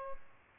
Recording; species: mosquito wingbeat signal from an infrared sensor; Aedes albopictus